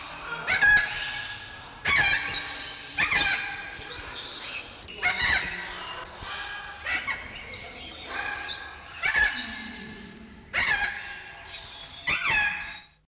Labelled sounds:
Thick-billed Parrot (Rhynchopsitta pachyrhyncha) call
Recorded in captivity
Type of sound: call
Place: Zoo Köln, Nordrhein-Westfalen, DE
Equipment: Halbspur, 9,5 cm/s
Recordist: Lütgens, Hans
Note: Rufe

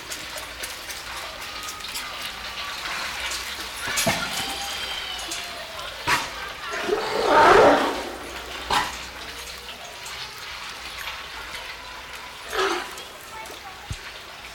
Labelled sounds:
South American Fur Seal (Arctocephalus australis)
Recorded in captivity
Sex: male
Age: adult
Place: Münchner Tierpark Hellabrunn, Bayern, DE
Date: 1993-09-20 15:26
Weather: 19°C, heiter
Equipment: Marantz CP 430, Sennheiser MKH 416 T, Kopie Uher Variocord 263
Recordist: Tembrock, Günter

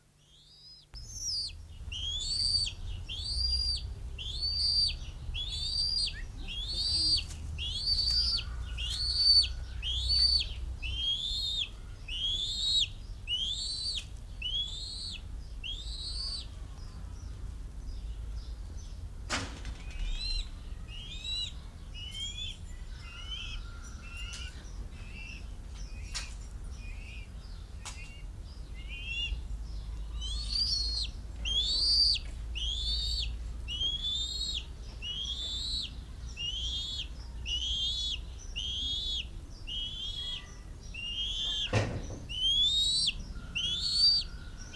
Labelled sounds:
Bald Eagle (Haliaeetus leucocephalus)
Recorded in captivity
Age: juvenile
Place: Zoo Berlin, Berlin, DE
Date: 1994-07-02 10:44
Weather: sonnig, 18-24°C
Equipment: Marantz CP 430, Sennheiser ME 80, Kopie Uher Variocord 263
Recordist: Tembrock, Günter

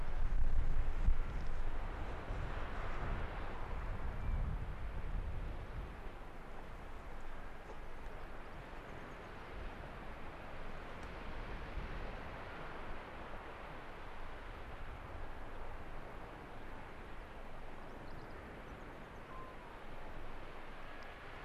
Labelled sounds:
Arctic Fox (Vulpes lagopus)
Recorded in the wild
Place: Insel Mednyi, Kommandeur-Inseln, RU
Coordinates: 54.5167, 168.083
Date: 1999-07-18 17:29
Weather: leichter Nebel, 7°C, mäßiger Ostwind
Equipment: Sony WM-D6C, Sennheiser ME 80, K 30 AV, Windkorb, Kopie Tascam DA 30
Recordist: Jakupi, Antje
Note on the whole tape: Südosten der Insel, Gerölltal: Bellstrophen aus dem untersten nordöstlichen Teil des Gerölltales. Tier nicht zu sehen. Zuvor bereits fünf Bellstrophen

